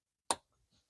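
After several tries, a small internal metal part drops into its seat in the frame of a vintage 1989 ABU Garcia Ambassadeur Six baitcasting reel during a drag and bearing upgrade. It makes one sharp click at 0.3 s, followed by a couple of faint, soft sounds. The part is seated.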